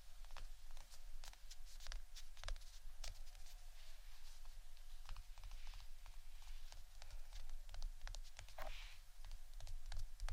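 Irregular tapping in quick, uneven clusters runs throughout, sharp bright clicks over a steady low rumble and faint hiss.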